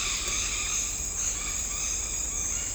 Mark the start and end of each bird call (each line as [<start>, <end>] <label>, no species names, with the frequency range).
[0.00, 2.74] bird call (0.4-5.8 kHz)